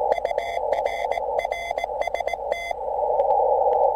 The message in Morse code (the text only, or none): UN RST